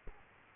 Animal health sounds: mosquito wingbeat signal from an infrared sensor; Culex quinquefasciatus

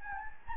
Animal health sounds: mosquito wingbeat signal from an infrared sensor; Anopheles gambiae

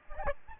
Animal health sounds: mosquito wingbeat signal from an infrared sensor; Aedes albopictus

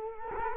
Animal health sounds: mosquito wingbeat signal from an infrared sensor; Culex quinquefasciatus

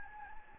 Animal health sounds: mosquito wingbeat signal from an infrared sensor; Anopheles gambiae

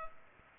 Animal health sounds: mosquito wingbeat signal from an infrared sensor; Culex pipiens

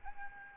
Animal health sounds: mosquito wingbeat signal from an infrared sensor; Aedes albopictus

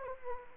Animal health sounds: mosquito wingbeat signal from an infrared sensor; Anopheles gambiae

